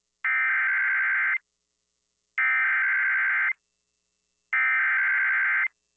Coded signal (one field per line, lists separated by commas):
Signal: Emergency Alert System (SAME) tones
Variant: header bursts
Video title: SVR GALORE XI: LATE AUGUST ACTION... EAS Alerts from 8/29/23 (EAS #2,967 - 3,002)